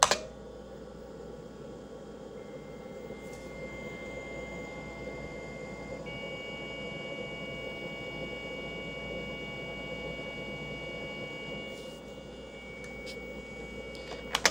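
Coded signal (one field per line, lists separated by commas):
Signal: dial-up modem handshake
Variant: answer tone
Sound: faint steady high tone, shifting slightly higher after six seconds, under room hum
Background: fan noise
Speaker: so if I do an 80 a you'll hear it do the beeping sounds that a modem emits to say hey I'm a modem talk to me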